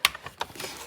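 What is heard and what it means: On a 2019 Ford Escape 1.5L EcoBoost during a vapor canister purge valve replacement, the purge hose quick-connector with its green lock tab is pushed onto the throttle-body-side fitting. A sharp, loud click at 0.05 s is followed by a softer tap at about 0.4 s and faint handling noise. The connector seats and locks onto the fitting.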